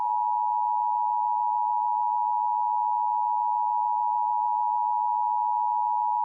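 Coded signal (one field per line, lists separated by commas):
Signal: Emergency Alert System (SAME) tones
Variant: 853 and 960 Hz attention tone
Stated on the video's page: Recreation of the Hawaii missile threat hoax alert; contains valid EAS tones.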